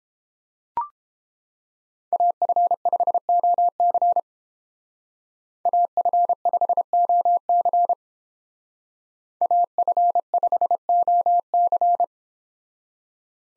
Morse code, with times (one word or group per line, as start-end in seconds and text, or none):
2.1-4.2 AF5OC
5.7-7.9 AF5OC
9.4-12.0 AF5OC